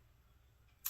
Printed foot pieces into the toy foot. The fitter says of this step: and this here will require a little bit of pressure, but it just snaps into place, and it'll